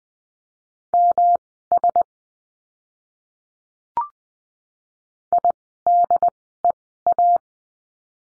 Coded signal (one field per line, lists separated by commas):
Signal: Morse code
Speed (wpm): 20 wpm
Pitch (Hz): 700 Hz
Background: none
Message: MS IDEA